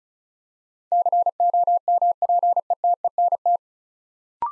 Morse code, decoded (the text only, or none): COMPETENT